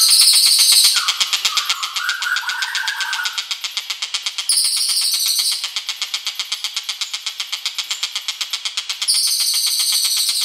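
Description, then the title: Bird song: high buzzy trills recurring every few seconds over steady rapid chirping, with a lower warbled phrase near the start. "SUARA BURUNG"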